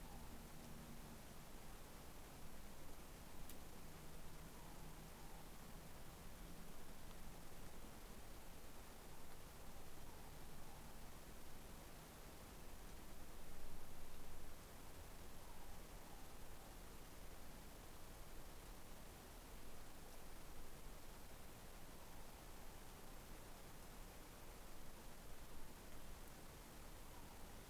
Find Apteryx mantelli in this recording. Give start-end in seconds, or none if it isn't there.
none